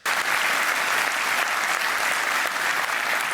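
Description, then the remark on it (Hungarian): Steady audience applause, given after the speaker tells them to applaud, fills the whole clip, a dense wash of many hands clapping at a constant, fairly loud level with no voices standing out. “Ez majd bekerül a történelemkönyvekbe, hogy ennek tapsoltatok, és ráég a pofátokra a szégyen, hogy ezt tapsoltátok meg”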